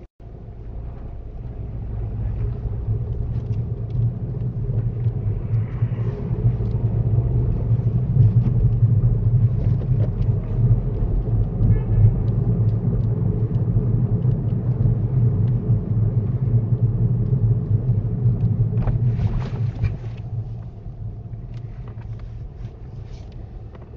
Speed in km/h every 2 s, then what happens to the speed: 8, 15, 19, 21, 23, 29, 27, 26, 19, 10, 5, 0.
0-9 speeds up to 29. 12-24 slows to 0.